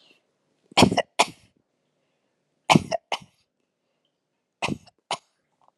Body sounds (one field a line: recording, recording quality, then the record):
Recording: shallow voluntary cough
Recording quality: excellent, no background noise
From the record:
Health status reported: healthy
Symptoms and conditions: hypertension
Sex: female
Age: 55 years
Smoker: not ticked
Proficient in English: yes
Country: United States